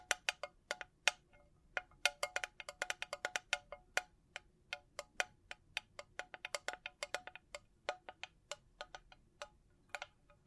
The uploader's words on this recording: ASMR Sleep Inducing Bling Bling Triggers (No Talking).